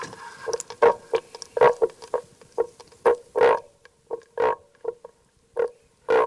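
Common frog grunting, soft purring croaks and louder rasping bursts coming irregularly.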